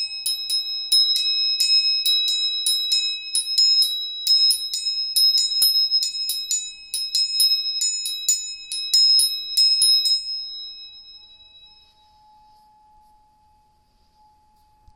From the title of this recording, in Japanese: 音叉チューニング3本